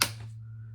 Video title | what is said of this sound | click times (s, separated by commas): ✨ Craft Room Update! Organizing My Creative Space + Easy DIY Storage Project 🧵🎨 | Then they just click into place. | 0.0 s